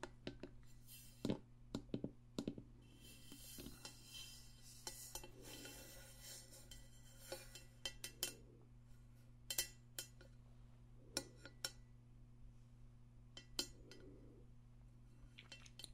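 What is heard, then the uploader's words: Extra tingly tapping: sharp, irregular clinks like cutlery on dishes, with a few soft bursts between, over a steady low hum. ASMR Extra Tingly Tapping No Talking.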